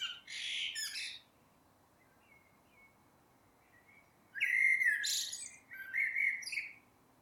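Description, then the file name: Common blackbird song: a scratchy high twitter, then a quiet thin whistle, then a rich fluted phrase with squeaky high endings. "Turdus merula"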